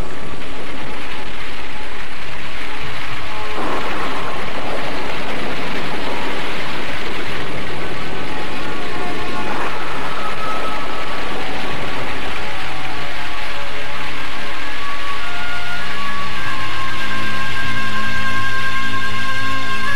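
Heavy rain pours down over the whole Karang Sedana region in a loud, dense, unbroken hiss that holds steady throughout, with faint sustained tones rising beneath it in the final seconds.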